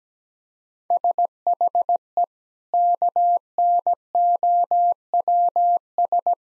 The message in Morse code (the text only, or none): SHE KNOWS